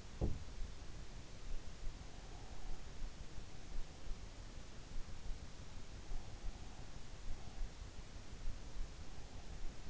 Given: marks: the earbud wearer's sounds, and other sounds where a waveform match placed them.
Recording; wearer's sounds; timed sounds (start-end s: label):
sounds in sleep by an in-ear microphone; teeth grinding
0.00-0.87 s: teeth grinding